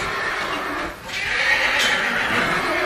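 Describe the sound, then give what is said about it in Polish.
A 2-year-old English Thoroughbred horse whinnies loudly in a shrill, sustained call, breaking briefly before a second long, quavering stretch. No one speaks. “To jest 2-letni koń. A jaka to rasa? Pełna krew angielska.”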